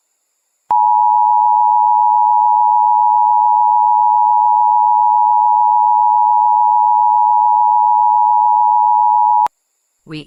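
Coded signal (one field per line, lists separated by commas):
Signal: Emergency Alert System (SAME) tones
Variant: 853 and 960 Hz attention tone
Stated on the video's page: Fictional EAS scenario.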